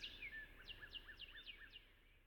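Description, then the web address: Northern cardinal song: a run of clear down-slurred whistles repeated about five times, evenly spaced, over a low background rumble. "Nature Songs N America Songs of Birds of North America Know Your Bird Sounds Common Western Species -Northern Cardinal"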